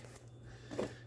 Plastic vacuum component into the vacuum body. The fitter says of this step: here you're going hear a click so you know that's in the right way